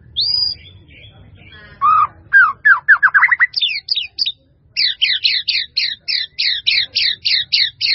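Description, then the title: White-rumped Shama song: a clear whistle, then sweeping notes speeding into a long series of rapid repeated chattering notes. "murai batu"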